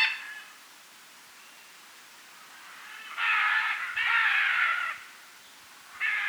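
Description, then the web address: Red-and-green macaw giving harsh, raspy squawks: a brief one at the start, a long grating pair midway, and another beginning at the end. South America. "S America Red-and-green Macaw (Ara chloroptera"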